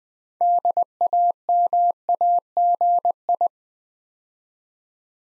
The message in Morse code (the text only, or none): DAMAGI